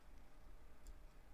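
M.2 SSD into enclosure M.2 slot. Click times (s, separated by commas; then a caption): 0.9 s. An M.2 SSD is pushed at an angle into the M.2 slot of a USB-C enclosure, with a single short, bright click at 0.9 s over a low steady hum. The drive is not yet fully seated in the connector and will not work until it is pushed all the way in.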